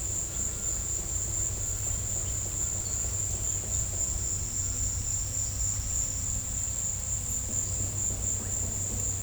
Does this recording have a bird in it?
no